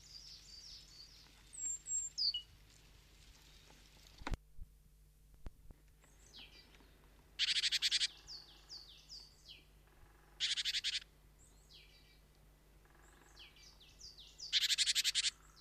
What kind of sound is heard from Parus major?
call